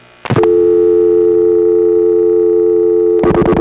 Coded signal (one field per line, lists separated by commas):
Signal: telephone call progress tone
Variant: North America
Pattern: dial tone